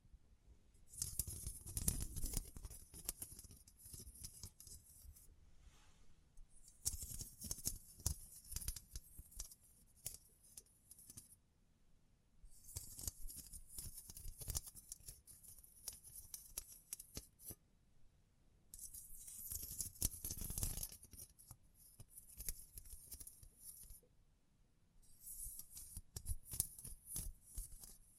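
Scratching, brushing and crinkling come in dense bursts of a few seconds each, bright and hissy, separated by short quiet gaps, with soft low thumps.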